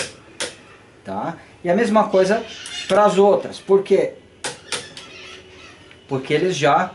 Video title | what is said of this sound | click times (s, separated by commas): Fusca do reverendo Teoson 08 | esse daqui como ele tá travado já não vai ó | 0.4 s